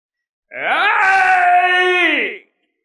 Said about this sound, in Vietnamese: Chỉ nghe chỗ sâu trong yết hầu của Hàng Lập phát ra một tiếng gào thét